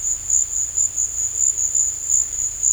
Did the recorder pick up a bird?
no